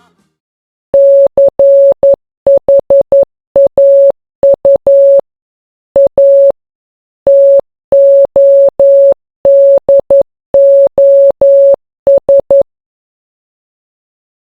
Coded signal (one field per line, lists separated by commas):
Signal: Morse code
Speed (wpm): 11 wpm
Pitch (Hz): 560 Hz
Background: none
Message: CHAU A TODOS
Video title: El código Morse y el telégrafo - Programa 177 - A l'é parèj l'affare